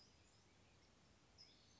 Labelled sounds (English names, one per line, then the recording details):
California Towhee
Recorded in Sonoma County, California